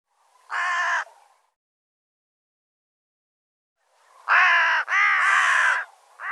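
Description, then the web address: Bird giving harsh, nasal caws: one caw, a long silent pause, then a few rasping caws in quick succession and the start of another. "cianscape birddata"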